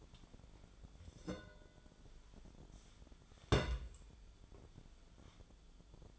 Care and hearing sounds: daily activity, microphone in the room; place on stove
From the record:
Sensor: 5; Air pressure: 1010.1 hPa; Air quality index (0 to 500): 148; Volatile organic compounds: 3 ppm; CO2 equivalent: 1448 ppm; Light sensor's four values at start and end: 263/635/272/301 and 260/633/270/297

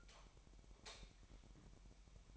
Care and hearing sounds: daily activity, microphone in the room; light off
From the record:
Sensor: 1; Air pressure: 1012.0 hPa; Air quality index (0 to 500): 233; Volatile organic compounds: 6 ppm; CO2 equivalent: 1858 ppm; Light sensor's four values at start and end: 16/43/17/19 and 13/31/13/15

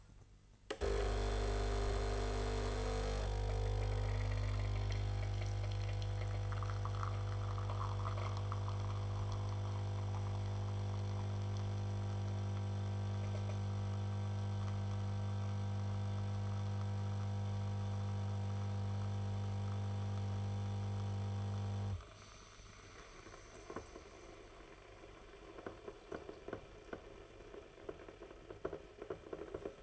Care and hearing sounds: daily activity, microphone in the room; make coffee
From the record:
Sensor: 4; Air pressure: 989.2 hPa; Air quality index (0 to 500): 222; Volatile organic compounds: 78 ppm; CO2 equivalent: 3592 ppm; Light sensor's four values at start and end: 24/82/30/32 and 24/83/30/32

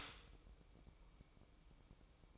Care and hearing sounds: daily activity, microphone in the room; stop toaster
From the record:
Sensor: 1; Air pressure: 1007.1 hPa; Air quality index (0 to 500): 73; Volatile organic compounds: 1 ppm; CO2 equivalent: 653 ppm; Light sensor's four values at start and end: 9/22/9/10 and 9/22/9/10

